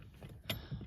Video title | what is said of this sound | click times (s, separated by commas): First-Time Install w/Chad - Sleep Ride Double Side Platform in a Crosstrek | Heard that click into place. | 0.5 s